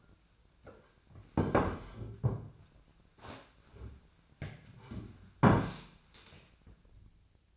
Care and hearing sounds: daily activity, microphone in the room; sit down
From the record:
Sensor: 2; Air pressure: 1008.0 hPa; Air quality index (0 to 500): 181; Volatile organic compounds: 10 ppm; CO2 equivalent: 2233 ppm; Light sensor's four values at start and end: 10/25/10/11 and 11/26/11/11

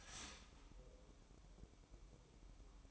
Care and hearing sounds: daily activity, microphone in the room; start toaster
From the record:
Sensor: 1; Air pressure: 1007.2 hPa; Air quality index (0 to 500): 76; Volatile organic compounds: 1 ppm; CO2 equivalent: 663 ppm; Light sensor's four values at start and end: 7/17/7/7 and 7/17/7/7

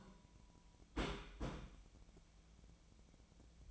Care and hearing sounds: daily activity, microphone in the room; place on stove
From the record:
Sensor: 1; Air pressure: 1010.0 hPa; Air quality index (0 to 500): 188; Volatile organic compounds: 17 ppm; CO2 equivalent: 2575 ppm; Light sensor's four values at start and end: 37/95/40/49 and 38/97/40/49

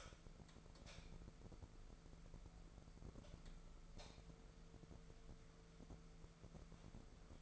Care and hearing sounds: daily activity, microphone in the room; light on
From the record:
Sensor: 5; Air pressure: 1014.6 hPa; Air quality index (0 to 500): 154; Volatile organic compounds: 4 ppm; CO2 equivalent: 1692 ppm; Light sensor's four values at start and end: 71/170/69/73 and 72/176/71/75

